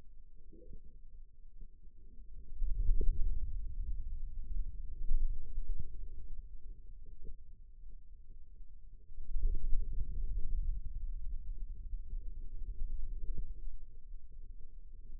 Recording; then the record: forearm muscle sounds (acoustic myography)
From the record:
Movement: radial deviation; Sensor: system 2, bracelet of six BSWA MPA416 microphones around the upper forearm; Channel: 2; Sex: male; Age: 22 years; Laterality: right